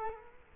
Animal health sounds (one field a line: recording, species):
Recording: mosquito wingbeat signal from an infrared sensor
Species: Culex quinquefasciatus